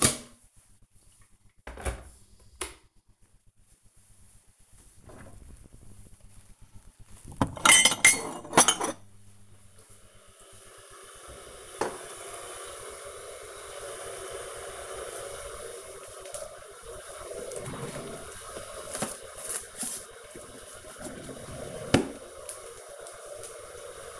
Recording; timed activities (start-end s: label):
household activities, microphone on the right wrist
0.00-24.20 s: making tea